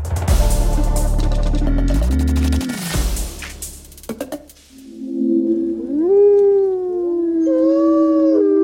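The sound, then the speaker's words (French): A loud burst of heavy music cuts off, giving way to wolves howling: several long, wavering howls overlap, sliding up and down in pitch with no talking. “Et ce sont les loups qui sont de plus en plus nombreux en France, qui sont aujourd'hui à la une de la science.”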